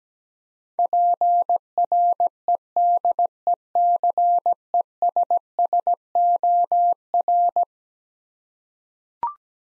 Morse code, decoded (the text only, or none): PREDECESSOR